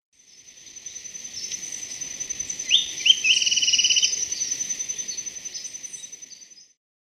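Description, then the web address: Golden-faced Tyrannulet giving a brief upslurred note followed by a rapid, high twittering series, with a constant shrill insect drone behind it. Subspecies albigularis, recorded in Ecuador. "Birds of Ecuador Golden-faced Tyrannulet"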